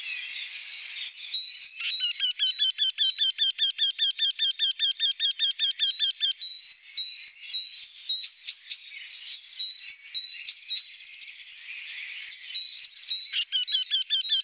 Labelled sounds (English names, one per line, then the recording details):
Eurasian Wryneck song
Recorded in the wild
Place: Lehen / Freiburg im Breisgau, Baden-Württemberg, DE
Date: 1975-04-27
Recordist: Schwarz, Dieter